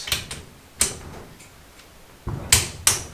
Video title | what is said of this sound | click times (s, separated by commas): 1974 Honda MT250 Engine Rebuild | four clicks at 18 foot pounds | 2.9 s